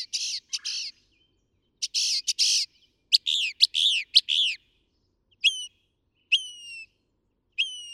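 Northern mockingbird song: harsh raspy notes, then quick downslurred chips, followed by three clear whistled notes that drop slightly in pitch.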